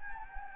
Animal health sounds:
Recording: mosquito wingbeat signal from an infrared sensor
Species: Anopheles gambiae

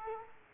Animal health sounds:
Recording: mosquito wingbeat signal from an infrared sensor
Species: Culex quinquefasciatus

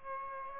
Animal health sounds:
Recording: mosquito wingbeat signal from an infrared sensor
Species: Aedes aegypti

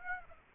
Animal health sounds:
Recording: mosquito wingbeat signal from an infrared sensor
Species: Aedes aegypti

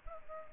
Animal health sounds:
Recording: mosquito wingbeat signal from an infrared sensor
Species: Culex pipiens

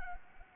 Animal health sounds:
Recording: mosquito wingbeat signal from an infrared sensor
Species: Anopheles gambiae

